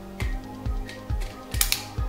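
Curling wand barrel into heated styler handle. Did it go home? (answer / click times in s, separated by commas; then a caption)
yes / 1.6 s, 1.7 s. An interchangeable curling wand barrel is lined up with the heated styler handle base and pushed on. Low periodic mechanical thumps run through the clip, then two sharp clicks at 1.6 s and 1.7 s as the barrel snaps into the base and seats.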